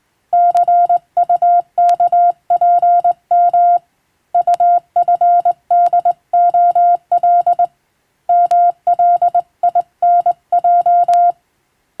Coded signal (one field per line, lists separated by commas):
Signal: Morse code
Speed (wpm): 20 wpm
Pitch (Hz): 700 Hz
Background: none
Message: CUKPM UFDOL MLINJ